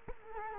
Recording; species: mosquito wingbeat signal from an infrared sensor; Culex quinquefasciatus